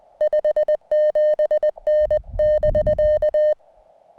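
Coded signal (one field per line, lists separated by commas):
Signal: Morse code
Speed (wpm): 20 wpm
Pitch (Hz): 1800 Hz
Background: music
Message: 57N <BK>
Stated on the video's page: CW contacts during a joint Summits on the Air activation atop Mount Baldy, Arizona.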